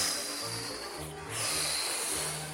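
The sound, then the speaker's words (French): A wolf blowing hard on a wooden house: a long, breathy, hissing whoosh of air that swells and surges for a couple of seconds, with low droning tones running steadily underneath. “Le loup souffle.”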